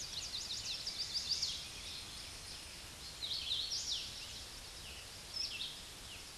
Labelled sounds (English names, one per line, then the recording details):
Hooded Warbler song
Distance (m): 45 m
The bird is about 15 m above the microphone
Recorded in a Pennsylvania forest on 16 May 2024 at 09:34
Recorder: AudioMoth, point MSD-2164
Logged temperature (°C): 15.8 °C
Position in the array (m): 166 m, 113 m